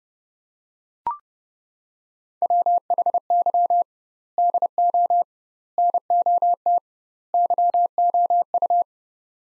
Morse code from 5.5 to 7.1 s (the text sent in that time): NOT